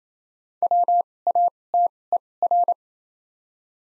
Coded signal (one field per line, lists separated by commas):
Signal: Morse code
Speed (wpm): 28 wpm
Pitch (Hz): 700 Hz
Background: none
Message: WATER